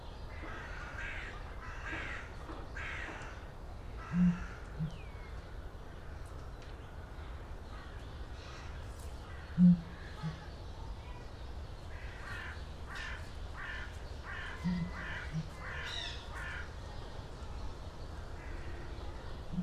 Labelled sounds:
Southern Ground Hornbill (Bucorvus leadbeateri) call

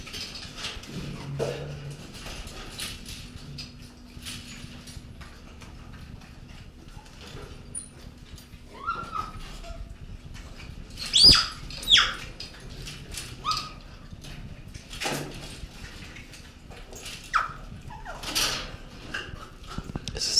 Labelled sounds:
Agile Gibbon (Hylobates agilis) call

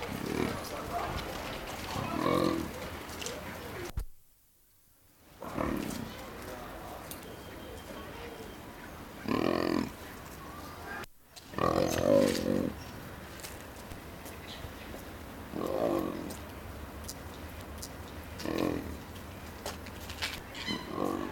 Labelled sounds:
Leopard (Panthera pardus) call

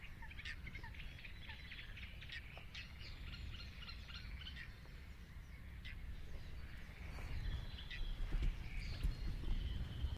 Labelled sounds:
White-winged Tern (Chlidonias leucopterus) flight call

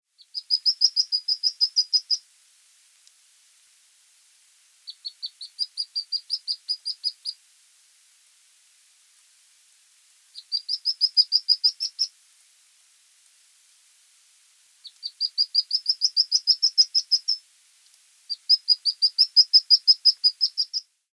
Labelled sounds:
Mandarin Duck (Aix galericulata)

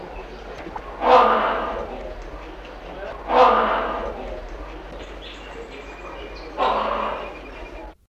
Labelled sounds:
Great Hornbill (Buceros bicornis) call

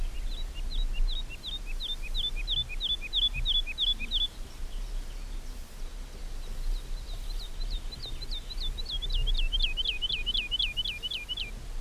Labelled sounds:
Wood Lark (Lullula arborea) song

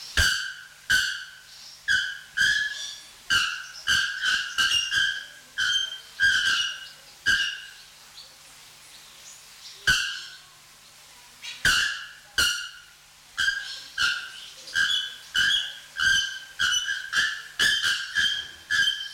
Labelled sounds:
Bare-throated Bellbird (Procnias nudicollis)

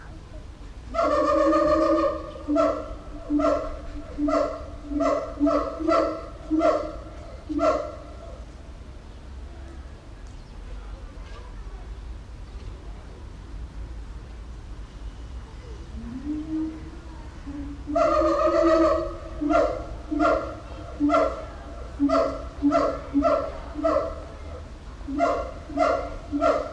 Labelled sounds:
Siamang (Symphalangus syndactylus)

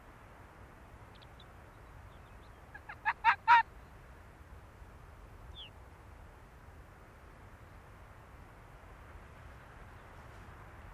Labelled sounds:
Arctic Fox (Vulpes lagopus)

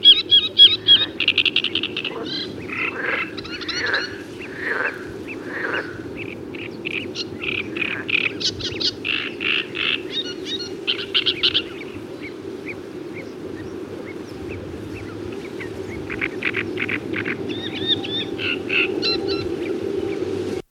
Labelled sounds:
Great Reed Warbler (Acrocephalus arundinaceus) song

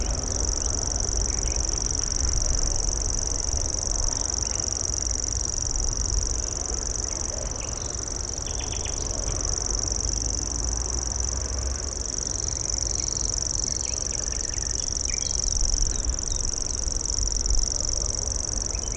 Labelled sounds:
Common Grasshopper Warbler (Locustella naevia) song

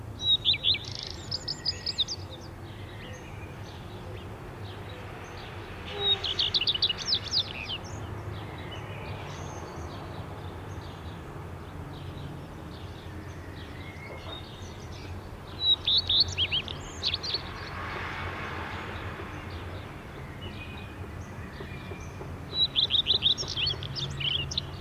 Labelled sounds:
Common Redstart (Phoenicurus phoenicurus) song

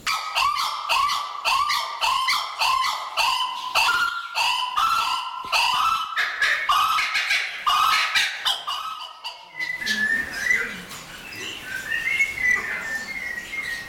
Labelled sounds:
White-headed Buffalo-Weaver (Dinemellia dinemelli)

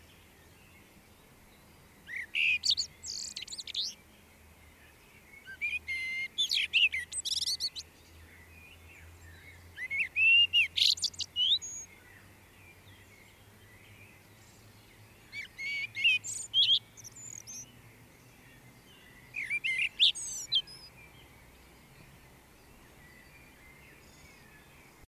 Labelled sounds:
Common Blackbird (Turdus merula) song

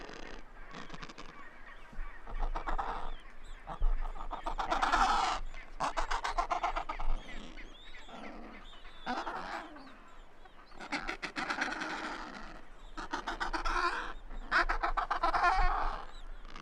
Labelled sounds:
Adelie Penguin (Pygoscelis adeliae) call

